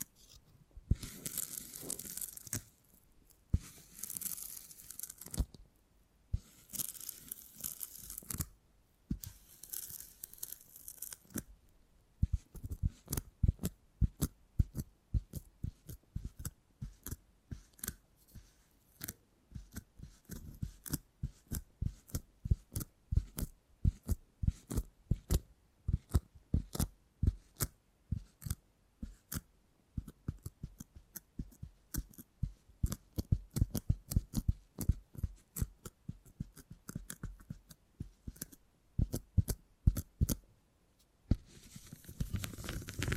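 Beeswax being handled, opening with a few long bright rustling swipes in the first twelve seconds. Then comes a dense run of quick, sharp sticky taps and crackles, fairly regular, continuing to the end, where a final rustling swipe returns.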